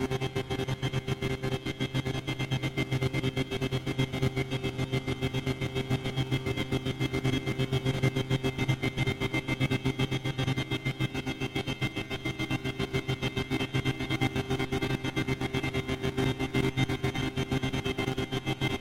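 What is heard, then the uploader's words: A drone runs steadily for the whole stretch, a dense whirring hum with strong low tones and several steady higher whines layered above. Fine rapid pulsing runs through it at an even rate, and the loudness barely changes from start to finish. Drone.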